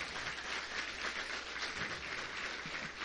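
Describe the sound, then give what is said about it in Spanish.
A crowd applauds steadily, a dense, even wash of many hands clapping at once that holds a constant moderate level with no voices over it. The audience is applauding a panel at the FEDEAGRO 2016 annual assembly. “despedimos con un aplauso a los señores del panel.”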